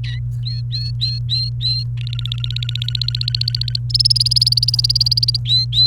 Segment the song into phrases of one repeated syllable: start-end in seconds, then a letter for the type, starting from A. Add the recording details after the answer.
0.04-0.19 A, 0.45-1.83 B, 1.97-3.78 C, 3.90-5.37 D, 5.45-5.87 B. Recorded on 29 April 2018 at 09:28. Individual llb3